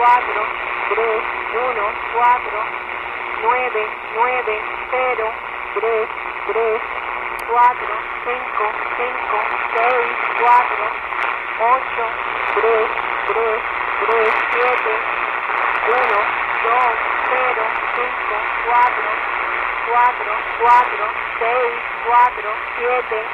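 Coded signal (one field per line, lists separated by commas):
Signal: numbers station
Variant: HM01, Spanish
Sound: female voice over shortwave reading short, evenly paced spoken numbers in Spanish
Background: radio static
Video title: HM01 Cuban Spy Numbers 9.065 MHz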